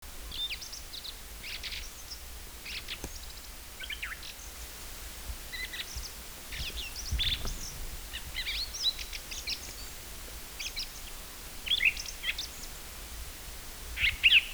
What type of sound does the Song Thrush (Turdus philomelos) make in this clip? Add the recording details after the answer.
song. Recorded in the wild. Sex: male. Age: adult. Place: Halbinsel Kindo, Karelien, RU. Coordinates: 66.5519, 33.025. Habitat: taiga. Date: 1996-06-23. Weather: overcast, ca. 10 °C. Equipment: Sony TCD-D3, Sennheiser MKH 70, Windkorb. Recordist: Frommolt, Karl-Heinz. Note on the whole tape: Südlich des Mastenweges (Mast 44): Gesang